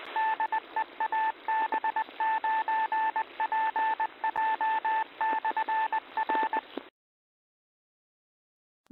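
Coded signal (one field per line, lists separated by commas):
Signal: Morse code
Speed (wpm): 20 wpm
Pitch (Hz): 880 Hz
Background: none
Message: DE AB9PJ/R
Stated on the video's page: Net on a repeater at 145.47 MHz with a 114.8 Hz PL tone.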